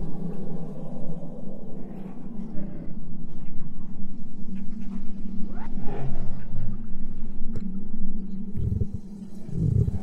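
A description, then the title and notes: A low, rumbling exoplanet ambience, a steady growling drone with a roar-like quality that holds throughout. Around six seconds the tone bends and slides downward, and near the end a few heavier low thuds and bursts break through before the rumble settles. Alien planet | Exoplanet Ambience.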